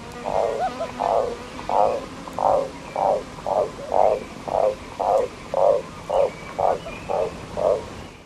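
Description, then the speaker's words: Chestnut-quilled rock pigeon calling: a run of about fourteen hooting notes, roughly two per second. Played on the radio as one of two separate calls of the species. "Carol from Wentworth Falls even needed the second sound to correctly guess that our tweeter this week is the chestnut-quilled rock pigeon."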